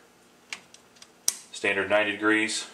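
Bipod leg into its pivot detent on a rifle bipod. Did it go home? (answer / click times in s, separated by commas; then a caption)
yes / 1.3 s. A leg of an Atlas rifle bipod is rotated from 45 degrees forward and locks into its pivot detent at the standard 90-degree position. Light ticks at about 0.5, 0.7 and 1.0 seconds lead up to a sharp metallic click at 1.3 seconds, and then someone talks. The leg is seated in the 90-degree detent.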